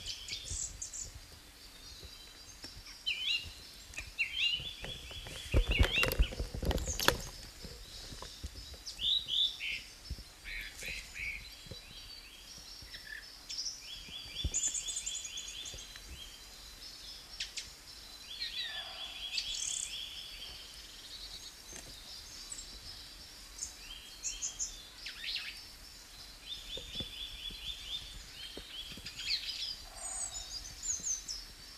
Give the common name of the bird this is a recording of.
Song Thrush